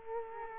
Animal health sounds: mosquito wingbeat signal from an infrared sensor; Culex quinquefasciatus

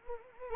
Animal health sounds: mosquito wingbeat signal from an infrared sensor; Anopheles arabiensis

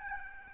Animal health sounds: mosquito wingbeat signal from an infrared sensor; Aedes albopictus

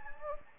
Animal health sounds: mosquito wingbeat signal from an infrared sensor; Anopheles gambiae

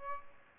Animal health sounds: mosquito wingbeat signal from an infrared sensor; Aedes albopictus

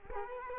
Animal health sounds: mosquito wingbeat signal from an infrared sensor; Culex quinquefasciatus

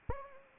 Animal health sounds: mosquito wingbeat signal from an infrared sensor; Anopheles arabiensis

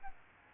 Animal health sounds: mosquito wingbeat signal from an infrared sensor; Aedes albopictus

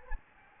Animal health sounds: mosquito wingbeat signal from an infrared sensor; Anopheles gambiae

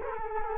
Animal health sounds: mosquito wingbeat signal from an infrared sensor; Culex quinquefasciatus

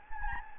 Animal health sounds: mosquito wingbeat signal from an infrared sensor; Anopheles gambiae

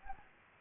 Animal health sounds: mosquito wingbeat signal from an infrared sensor; Anopheles gambiae

